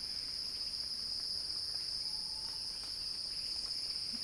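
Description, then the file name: Cicada song, a dense, even high-pitched hum running unbroken, the only clear sound present. Cicada song described as a crescendo, recorded by Axel Drioli. "Axel-Drioli Cicada-Crescendo-Sounding-Wild"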